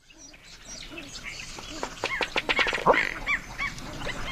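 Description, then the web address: Ruddy duck display call, a quick series of hollow tapping clicks with a short gulping burp, over faint background hiss. North America; common western species. "Songs of Birds of North America Know Your Bird Sounds. Ruddy Duck"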